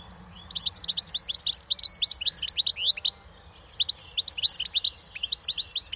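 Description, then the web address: Bird song of quick, high chirping notes in lively rapid series, a brief pause near the middle, then another chirpy run. "Deverinetal. Bird Only"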